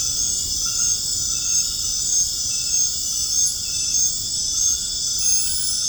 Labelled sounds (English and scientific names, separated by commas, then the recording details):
none
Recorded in dense forest near Puerto Asís, Putumayo, Colombia, on 25 June 2025 at 20:30
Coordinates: 0.481, -76.323
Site G072